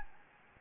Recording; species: mosquito wingbeat signal from an infrared sensor; Anopheles gambiae